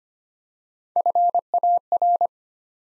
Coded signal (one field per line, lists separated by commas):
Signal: Morse code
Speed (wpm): 25 wpm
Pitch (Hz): 700 Hz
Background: none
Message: FAR